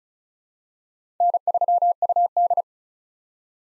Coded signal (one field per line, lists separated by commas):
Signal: Morse code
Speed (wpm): 36 wpm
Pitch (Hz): 700 Hz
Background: none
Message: N3UD